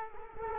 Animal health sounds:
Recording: mosquito wingbeat signal from an infrared sensor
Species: Culex quinquefasciatus

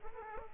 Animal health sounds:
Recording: mosquito wingbeat signal from an infrared sensor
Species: Aedes aegypti

